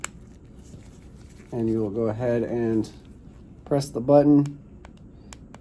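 After the battery is replaced, the sealed battery insert of an Audi key fob is pushed back into the plastic key fob housing and clicks home with a single sharp click at 0.0 seconds. Someone then talks, and a few faint ticks follow near the end.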